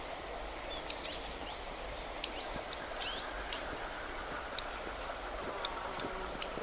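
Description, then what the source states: Black redstart calls: sharp smacking ticks and short thin notes scattered irregularly from several birds against a constant rushing background. Young birds from several fledged broods at higher altitude in Mongolia, giving ticking, clicking or smacking calls.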